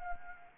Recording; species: mosquito wingbeat signal from an infrared sensor; Anopheles gambiae